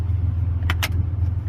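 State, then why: Seated. A plastic trim cover around the blower control is pressed back onto the dashboard of a Toyota Tacoma after a blower speed repair, with a steady low hum underneath. Two sharp plastic snaps at 0.7 s and 0.8 s mark the cover clicking into place and seating.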